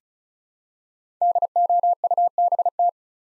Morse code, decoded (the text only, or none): DOUBT